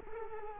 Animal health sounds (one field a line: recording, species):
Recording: mosquito wingbeat signal from an infrared sensor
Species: Culex quinquefasciatus